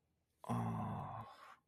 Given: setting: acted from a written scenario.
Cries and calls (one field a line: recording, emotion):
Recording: vocal sound without words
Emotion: desire